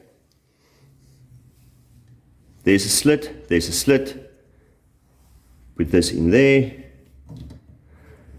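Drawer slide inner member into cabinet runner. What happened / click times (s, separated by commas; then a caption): Slide member fitted into its slot, not yet clicked home / none. Someone talks while the removed inner member of a stainless steel drawer slide is fitted into the slit of the secured cabinet runner and started along it. A few faint handling sounds come around 7.3–7.5 seconds. Nothing has seated or clicked yet; the final push comes later.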